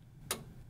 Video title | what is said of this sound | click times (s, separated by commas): The ABCs of TNT - HQ Watch and Learn Show | when i hear that click i know my bobbin case is inserted correctly and the opening | 0.3 s